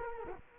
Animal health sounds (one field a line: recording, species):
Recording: mosquito wingbeat signal from an infrared sensor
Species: Culex quinquefasciatus